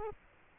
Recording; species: mosquito wingbeat signal from an infrared sensor; Culex quinquefasciatus